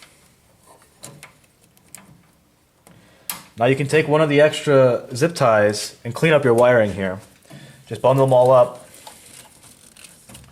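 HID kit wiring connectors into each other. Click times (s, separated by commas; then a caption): 1.9 s, 3.3 s. Two remaining male and female plastic wiring connectors of an HID xenon kit for a 2006–2013 Toyota Corolla are plugged into each other. After a few soft handling taps, they click together and seat at 2.0 s and 3.3 s. Someone then talks.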